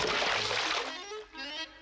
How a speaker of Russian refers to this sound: Довольный волк ныряет в воду.